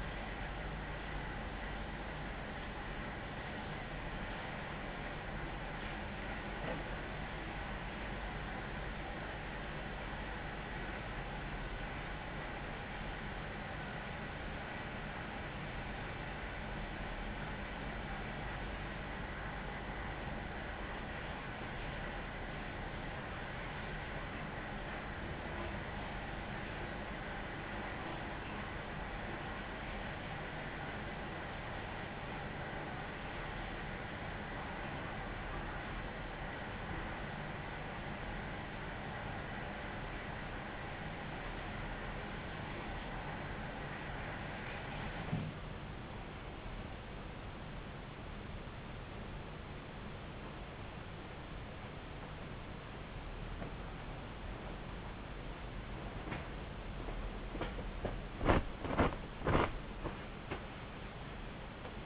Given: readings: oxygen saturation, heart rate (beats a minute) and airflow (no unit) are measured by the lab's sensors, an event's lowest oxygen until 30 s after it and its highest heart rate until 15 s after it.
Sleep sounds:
a person awake in a sleep study, by a voice recorder at the bedside; none
0.00-62.06 s: awake
From the record:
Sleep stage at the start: awake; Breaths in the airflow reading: 23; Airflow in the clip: -0.7 to 0.7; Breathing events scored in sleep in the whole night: 270 in 6.1 hours asleep

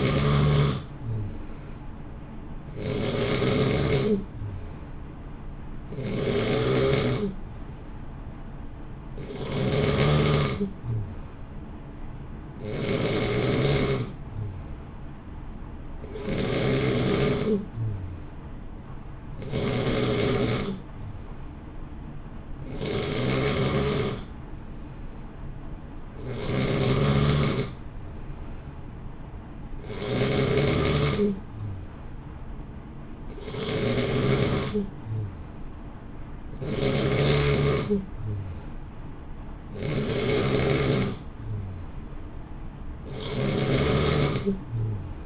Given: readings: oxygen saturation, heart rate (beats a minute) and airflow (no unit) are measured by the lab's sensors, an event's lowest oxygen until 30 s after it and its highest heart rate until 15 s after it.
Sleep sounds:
breathing in sleep by a smartphone at the bedside; none
none scored
From the record:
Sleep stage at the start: N3 (deep sleep); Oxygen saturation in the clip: 90 to 91%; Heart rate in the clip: 59 to 63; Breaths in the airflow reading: 13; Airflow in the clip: -0.7 to 0.7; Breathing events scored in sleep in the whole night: 328 in 6.3 hours asleep

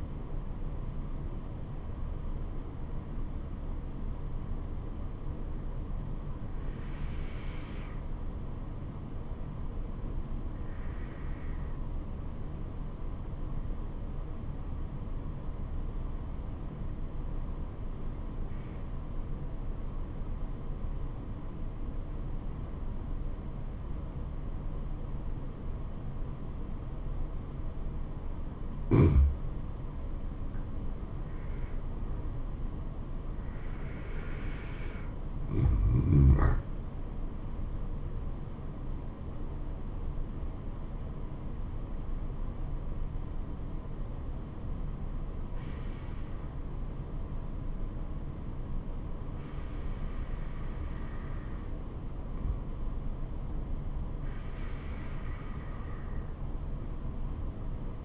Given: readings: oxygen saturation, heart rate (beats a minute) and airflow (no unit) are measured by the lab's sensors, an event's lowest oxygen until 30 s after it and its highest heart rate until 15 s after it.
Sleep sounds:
breathing in sleep by a smartphone at the bedside; 1
10.00-30.90 s: obstructive apnea (N2, oxygen 97% highest, then 90% lowest, heart rate 68 at the start, 76 highest)
27.00-58.05 s: new sleep stage, N1 (lightest sleep)
From the record:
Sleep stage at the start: N2 (light sleep); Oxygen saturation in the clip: 89 to 97%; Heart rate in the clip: 68 to 76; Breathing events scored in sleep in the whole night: 426 in 7.4 hours asleep

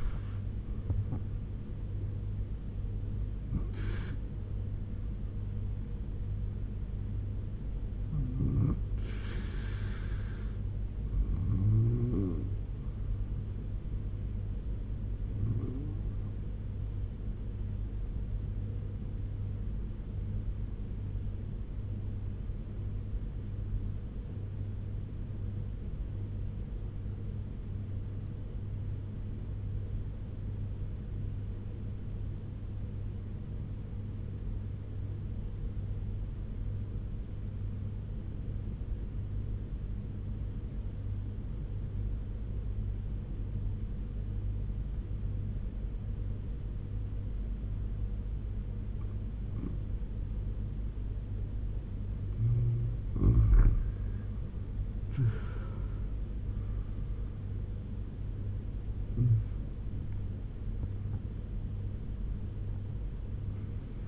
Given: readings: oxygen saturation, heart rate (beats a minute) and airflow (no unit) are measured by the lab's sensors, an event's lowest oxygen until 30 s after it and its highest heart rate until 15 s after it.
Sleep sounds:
breathing in sleep by a smartphone at the bedside; 1
22.00-50.50 s: obstructive apnea (N1, oxygen 96% highest, then 84% lowest, heart rate 70 at the start, 88 highest)
From the record:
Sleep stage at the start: N1 (lightest sleep); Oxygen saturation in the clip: 85 to 96%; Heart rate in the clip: 70 to 89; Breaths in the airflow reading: 7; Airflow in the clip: -12.3 to 10.6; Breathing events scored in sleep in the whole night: 201 in 6.5 hours asleep

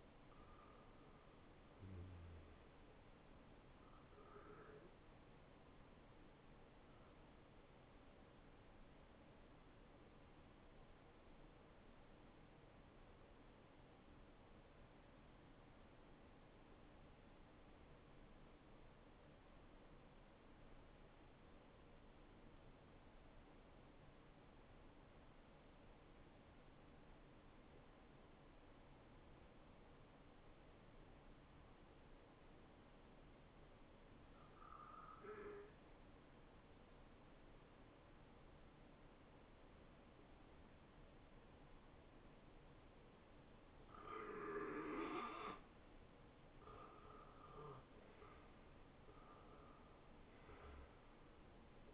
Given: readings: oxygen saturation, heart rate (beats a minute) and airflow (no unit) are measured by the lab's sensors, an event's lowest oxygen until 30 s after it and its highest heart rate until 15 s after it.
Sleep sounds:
breathing in sleep by a voice recorder at the bedside; 1
9.00-46.30 s: hypopnea (N1, oxygen 92% highest, then 85% lowest, heart rate 71 at the start, 75 highest)
16.00-46.00 s: new sleep stage, N2 (light sleep)
46.00-51.94 s: new sleep stage, N1 (lightest sleep)
From the record:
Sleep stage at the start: N1 (lightest sleep); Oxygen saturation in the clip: 89 to 94%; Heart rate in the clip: 53 to 73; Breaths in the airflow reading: 5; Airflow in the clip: -19.6 to 9.5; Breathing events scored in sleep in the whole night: 263 in 5.5 hours asleep

